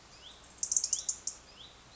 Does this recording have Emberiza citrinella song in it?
no